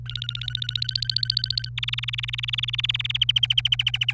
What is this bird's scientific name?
Serinus canaria